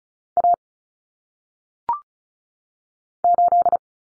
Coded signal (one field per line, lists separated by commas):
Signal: Morse code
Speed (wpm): 36 wpm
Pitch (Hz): 700 Hz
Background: none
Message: A 8